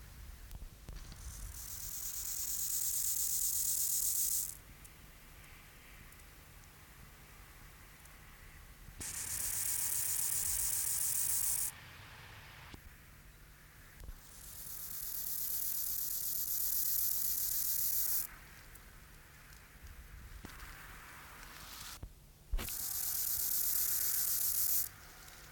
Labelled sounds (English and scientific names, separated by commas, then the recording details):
Rufous Grasshopper (Gomphocerippus rufus) stridulation
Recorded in the wild
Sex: male
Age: imago
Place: Treuchtlingen, Naturpark Altmühltal, Bayern, DE
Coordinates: 48.96, 10.91
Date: 1993-09-06 12:26
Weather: 16°C, sonnig
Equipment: Marantz CP 430, Sennheiser MKH 416 T, Kopie Uher Variocord 263
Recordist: Tembrock, Günter